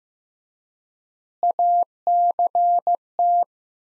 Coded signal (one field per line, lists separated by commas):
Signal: Morse code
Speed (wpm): 15 wpm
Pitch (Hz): 700 Hz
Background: none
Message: ACT